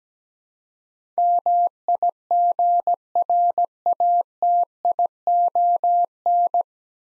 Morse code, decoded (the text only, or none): MIGRATION